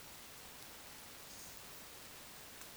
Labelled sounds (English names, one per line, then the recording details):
Eurasian Woodcock whistle
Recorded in Baden-Württemberg, Germany, on 10 June 2020 at 20:18 UTC
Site 45520, 595 m above sea level